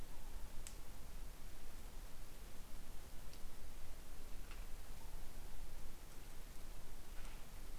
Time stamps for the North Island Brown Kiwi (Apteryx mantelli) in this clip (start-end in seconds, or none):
none